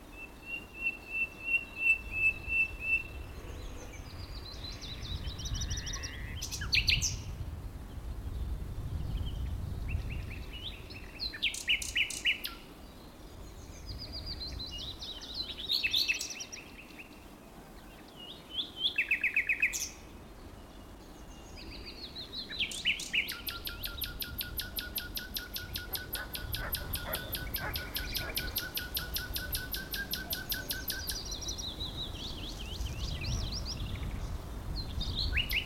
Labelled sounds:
Common Nightingale

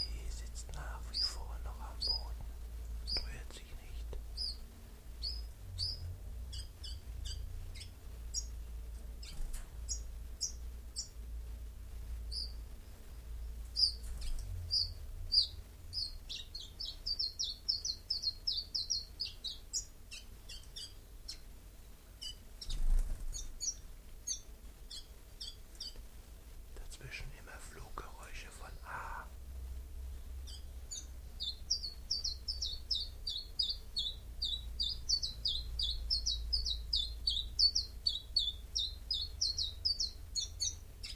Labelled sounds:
Common Chiffchaff song

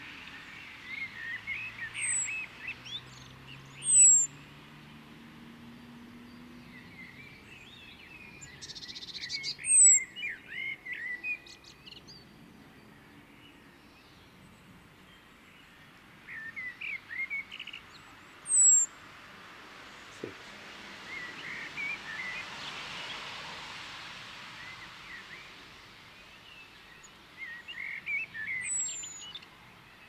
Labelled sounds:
Common Blackbird

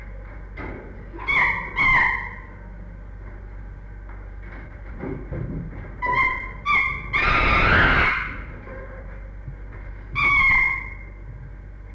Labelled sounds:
Chimpanzee

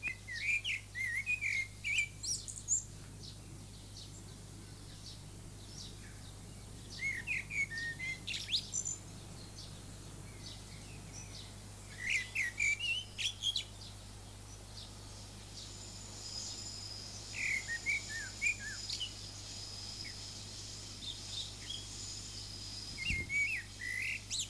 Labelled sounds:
Common Blackbird song

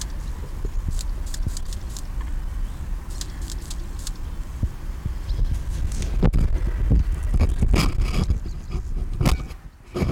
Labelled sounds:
Spring Dumbledor stridulation

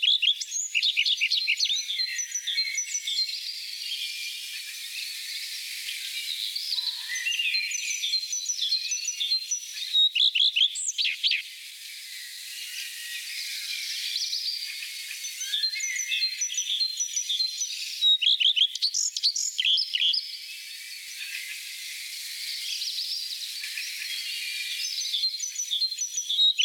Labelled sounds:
Common Redstart song

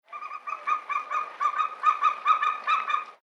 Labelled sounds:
Verreaux's Eagle

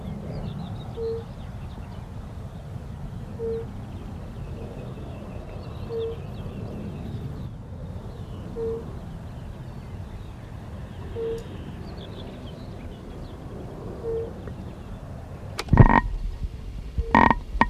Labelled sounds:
Fire-Bellied Toad call

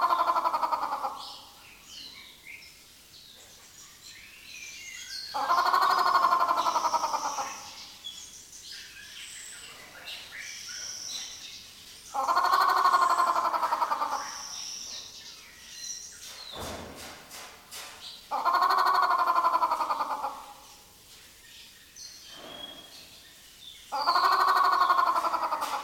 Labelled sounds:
White-rumped Shama

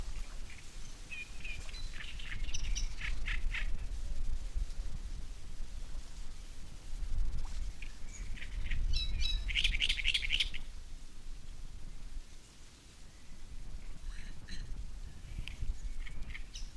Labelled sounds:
Great Reed Warbler

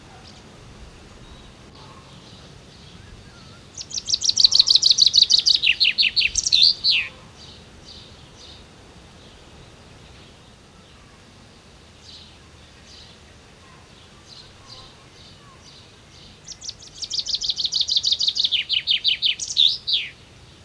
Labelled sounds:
Common Chaffinch song

